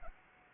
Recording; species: mosquito wingbeat signal from an infrared sensor; Anopheles arabiensis